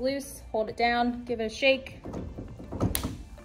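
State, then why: Seated. Someone talks while a factory crossbar on a Rivian R1T truck bed, being set up for a Yakima SkyRise overlanding tent, is held down and shaken in its bed rail mount. A rattle builds until a sharp second click at 3.0 seconds, and the crossbar latch is fully seated and locked.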